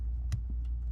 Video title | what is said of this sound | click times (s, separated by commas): C5 Corvette Pull Key, Wait 10 Seconds fix! Column Lock fix! | and we're just going to slide that in until you hear it click. | 0.3 s